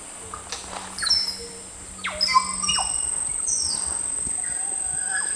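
Band-tailed Cacique producing a busy run of varied whistles, clicks and steeply dropping sweeps, some overlapping, against a continuous shrill insect background.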